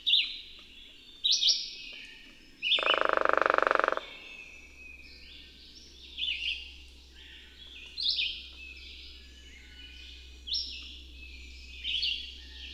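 Bird singing repeated high, sliding chirped phrases, interrupted once early on by a loud, low buzzing burst about a second long.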